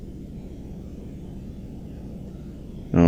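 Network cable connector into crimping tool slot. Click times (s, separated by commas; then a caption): 3.0 s. An RJ45-style plastic network connector on a cable is pushed into the top right slot of an FD500R crimping tool, clipping in like a plug into a wall jack. A low, steady background hum runs until a sharp, loud click at 3.0 s as the connector seats in the slot.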